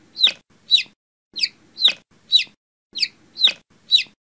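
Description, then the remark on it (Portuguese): A chicken clucks in a steady series of eight short, sharp bursts, grouped loosely in twos and threes, each bright and clipped, with a faint low rustle between them. “Põe um monte de pia aí”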